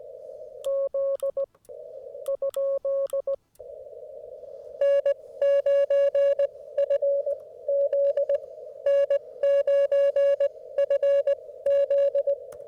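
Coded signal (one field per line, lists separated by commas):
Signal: Morse code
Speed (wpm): 18 wpm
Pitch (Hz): 560 Hz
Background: music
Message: Z ? N9FZ N9FZ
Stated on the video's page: CW park activation with Yaesu FT-891 at 25 watts, US Morse paddles, Chameleon 17-ft whip.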